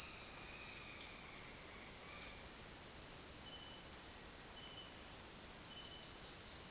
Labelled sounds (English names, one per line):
none